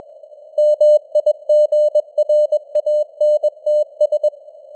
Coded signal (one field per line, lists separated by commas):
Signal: Morse code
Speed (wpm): 21 wpm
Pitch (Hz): 600 Hz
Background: none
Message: MIGRANTS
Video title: Morse Code News | 2025-10-11 | 21wpm